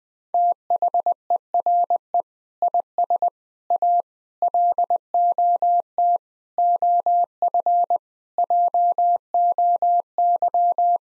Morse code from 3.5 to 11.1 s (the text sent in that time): A LOT OF JOY